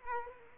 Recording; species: mosquito wingbeat signal from an infrared sensor; Culex quinquefasciatus